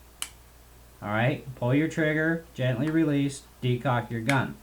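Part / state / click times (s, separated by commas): bolt cocking into the sear of an air pistol / seated / 0.2 s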